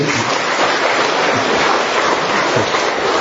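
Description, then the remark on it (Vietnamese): A steady, dense round of applause from an audience at a church mission station, given for the supporters of a local ethnic minority group, many hands clapping together into a continuous crackling roar that holds at an even loudness throughout, with no voices. “Vâng, xin những người hỗ trợ những anh chị em chúng tôi ở đây, nhóm dân tộc thiểu số này, bằng một tràng vỗ tay.”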